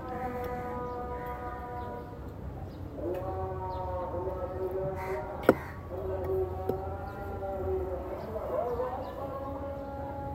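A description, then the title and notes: An outdoor scene in Zanzibar filled with drawn-out, raspy calls that sound like crows cawing, mixed with voices, continuing almost without pause. A steady low rumble runs underneath, and a single sharp knock stands out about halfway through. Sounds of Zanzibar. Experience the sounds from the rooftop of the Zanzibar Coffee House.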